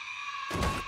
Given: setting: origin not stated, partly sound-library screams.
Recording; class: one-second piece from a danger detection set; woman in danger